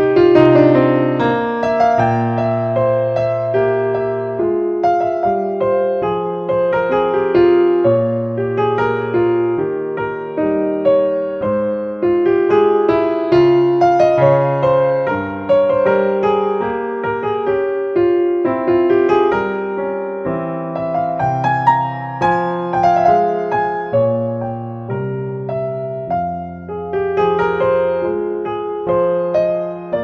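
A warm instrumental plays at an even, steady level for the whole stretch. Low bass notes hold for a second or two beneath a busy mid-range melody whose notes change several times a second, with bright upper tones sparkling above and no pauses or background chatter.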